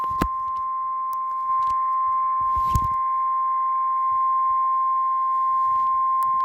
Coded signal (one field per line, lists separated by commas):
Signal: Emergency Alert System (SAME) tones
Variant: 1050 Hz attention tone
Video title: Eas rwt Eas#386